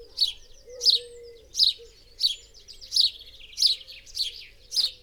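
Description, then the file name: House sparrow giving a series of bright, harsh chirps, with brief low tones early on. "Passer domesticus"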